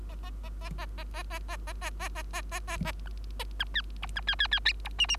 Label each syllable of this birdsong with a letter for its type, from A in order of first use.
A A A A A A A A A A A A A A A A A A B C D B C C C D E E